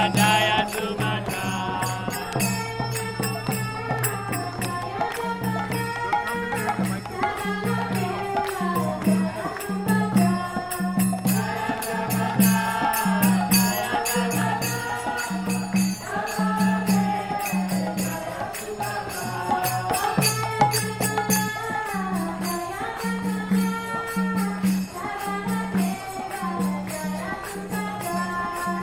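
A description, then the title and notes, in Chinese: A street parade with loud, dense music, steady throughout with a pulsing low beat repeating several times a second. Bright jingling and ringing sounds sit on top, with shifting melodic lines, and there are brief dips in loudness around 20 seconds. 全城的人都跳舞起來了_台北西門町印度壇車節踩街活動。地點在台北西門町街區。我錄製了一小段當時在街邊,實際參與活動。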